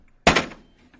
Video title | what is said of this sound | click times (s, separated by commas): Duchin Productions - Equipment Carts Overview | Hear that click? | 0.3 s